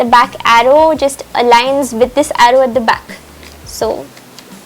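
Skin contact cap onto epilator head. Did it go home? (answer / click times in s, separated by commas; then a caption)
no / none. A plastic skin contact cap is lined up arrow to arrow at the back of a Braun Silk Epil 9 Skin Spa epilator head while someone talks. A brief faint sound comes at 4.4 s, but the cap has not clicked on or seated yet.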